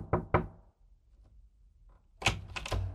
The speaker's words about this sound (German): Kurz nach 12:30 klopfte es an Kleins Bürotür.